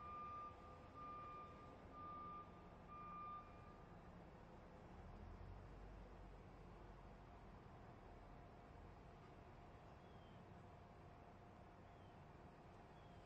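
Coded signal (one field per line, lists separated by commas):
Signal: alarm pattern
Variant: truck back-up alarm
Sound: evenly repeating high beeps, about one per second, fading under engine rumble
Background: truck engine rumble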